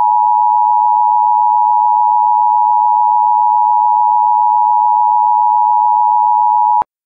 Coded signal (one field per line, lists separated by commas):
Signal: Emergency Alert System (SAME) tones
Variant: 853 and 960 Hz attention tone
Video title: EAS Child Abduction Emergency (AMBER Alert/Levi's Call) Atlanta, Georgia